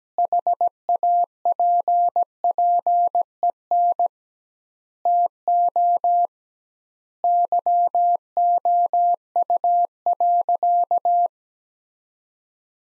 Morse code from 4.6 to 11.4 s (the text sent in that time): TO YOU.